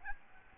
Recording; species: mosquito wingbeat signal from an infrared sensor; Aedes albopictus